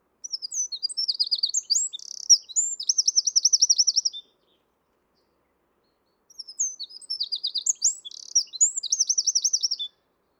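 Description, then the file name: Eurasian wren pouring out two loud songs, each roughly four seconds of high, tumbling notes and fast rhythmic trills, with a pause between them. "Troglodytes troglodytes"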